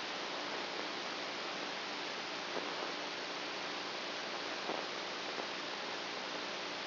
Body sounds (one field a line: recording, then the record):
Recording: brain microelectrode recording played as sound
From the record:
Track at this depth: outside the subthalamic nucleus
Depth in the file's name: 5.001 mm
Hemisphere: right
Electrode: 2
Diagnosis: Parkinson's disease